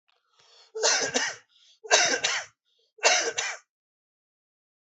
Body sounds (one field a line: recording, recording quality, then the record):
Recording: heavy voluntary cough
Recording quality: excellent, no background noise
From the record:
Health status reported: healthy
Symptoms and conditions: hypertension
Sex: male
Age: 55 years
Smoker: not ticked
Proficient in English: yes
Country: India